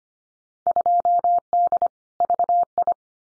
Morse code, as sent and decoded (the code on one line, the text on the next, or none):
..--- -.. / ...- ..
2D VI